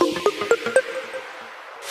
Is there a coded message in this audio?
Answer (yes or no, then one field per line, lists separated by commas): no